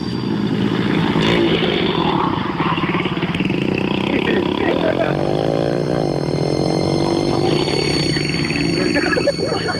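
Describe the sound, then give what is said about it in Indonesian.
Three motorcycles, each carrying two riders with fishing gear, ride along with a loud, steady engine drone throughout, the buzzing pitch rising and falling as the throttle opens and eases, with wind rush layered over the engine noise. “memakai 3 motor berboncengan dua-dua dengan peralatan memancing.”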